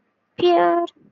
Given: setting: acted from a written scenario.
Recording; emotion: vocal sound without words; fear